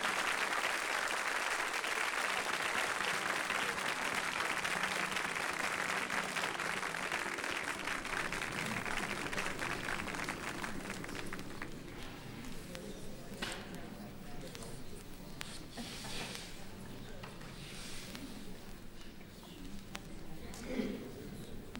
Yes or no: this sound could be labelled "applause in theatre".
yes